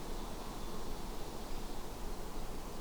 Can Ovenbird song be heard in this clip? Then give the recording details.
no. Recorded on 21 June 2016 at 08:46. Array SBT-6-76